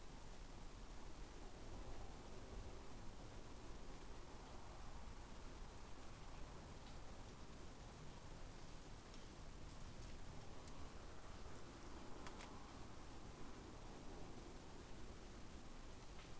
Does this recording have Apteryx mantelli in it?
no